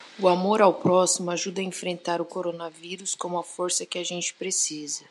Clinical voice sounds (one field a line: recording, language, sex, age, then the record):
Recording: spoken sentence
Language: Brazilian Portuguese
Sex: female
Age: 30 to 39 years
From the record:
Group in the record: control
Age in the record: 31 years